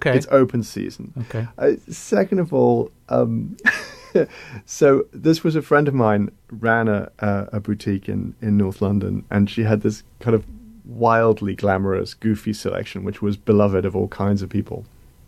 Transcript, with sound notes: it's open season.
OK.
Second of all, (laughter) so this was a friend of mine, ran a boutique in north London. And she had this kind of wildly glamorous, goofy selection, which was beloved of all kinds of people.